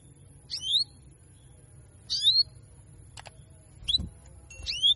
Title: Canto Para Esquentar Canário Belga. Therapy Suara Cuit.. Cuit.. Kenari Betina Bikin Kenari Jantan Makin Gacor